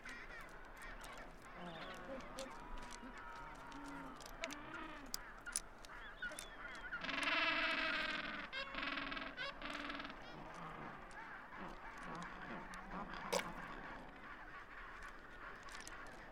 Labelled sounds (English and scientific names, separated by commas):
Adelie Penguin (Pygoscelis adeliae) call